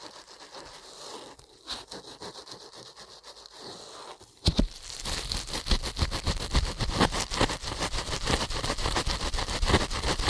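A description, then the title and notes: Ear cleaning sounds, starting as a soft, rustling scratch for about four seconds. A sharp loud thump near 4.5 seconds kicks off rapid, dense scraping and rubbing strokes that pulse quickly and steadily, bright and gritty, through to the end. ASMR Ear Cleaning at Helicopter Speed.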